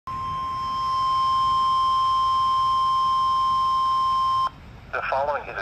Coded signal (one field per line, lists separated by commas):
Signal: Emergency Alert System (SAME) tones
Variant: 1050 Hz attention tone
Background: speech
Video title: Special Marine Warning (EAS #1,456) 9/20/22